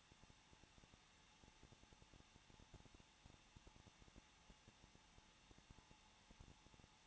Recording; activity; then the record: daily activity, microphone in the room; no activity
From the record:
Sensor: 1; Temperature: 20.1 degrees Celsius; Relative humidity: 39.3%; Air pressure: 1006.4 hPa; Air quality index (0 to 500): 218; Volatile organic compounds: 80 ppm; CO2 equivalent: 3606 ppm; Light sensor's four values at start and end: 1/2/1/1 and 1/2/1/1